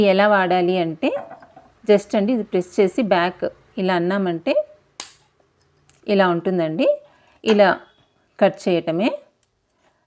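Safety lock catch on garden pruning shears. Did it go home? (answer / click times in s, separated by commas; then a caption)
released / 5.0 s. A safety lock catch on garden pruning shears is pressed and pulled back, releasing the spring-loaded blades open with a sharp click at 5.0 s, followed by a few faint ticks. Someone talks before and after the click.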